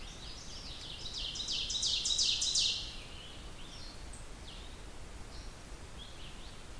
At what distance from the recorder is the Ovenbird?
about 40 m